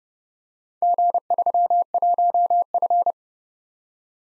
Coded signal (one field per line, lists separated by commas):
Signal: Morse code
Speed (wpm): 31 wpm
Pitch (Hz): 700 Hz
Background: none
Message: G31F